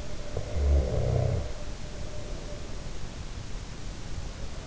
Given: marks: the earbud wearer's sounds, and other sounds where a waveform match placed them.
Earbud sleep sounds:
sounds in sleep by an in-ear microphone; snoring breath
0.19-3.12 s: snoring breath

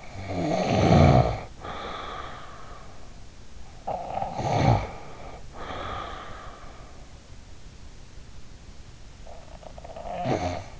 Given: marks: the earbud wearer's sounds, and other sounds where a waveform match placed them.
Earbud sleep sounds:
sounds in sleep by an in-ear microphone; snoring breath
0.00-3.57 s: snoring breath
3.65-7.29 s: snoring breath
9.12-10.80 s: snoring breath

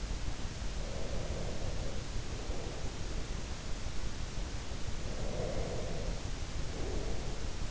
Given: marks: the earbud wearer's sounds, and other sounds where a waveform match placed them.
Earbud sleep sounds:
sounds in sleep by an in-ear microphone; breath
0.77-3.16 s: breath
4.89-7.70 s: breath

